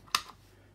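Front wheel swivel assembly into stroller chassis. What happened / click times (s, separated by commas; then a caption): The plastic wheel assembly clicked into place / 0.2 s. After the spring is placed, the plastic front wheel fork/swivel assembly of an UPPAbaby Vista stroller is pressed down into the stroller chassis housing while fixing a stuck front wheel. A faint tick comes first, then one sharp, loud click at 0.15 s with a brief bright ring that fades by about 0.3 s. The front wheel assembly is seated in place.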